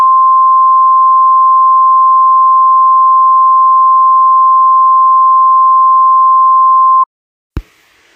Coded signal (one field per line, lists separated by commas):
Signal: Emergency Alert System (SAME) tones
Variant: 1050 Hz attention tone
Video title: EAS Scenario: Natrona County Fire.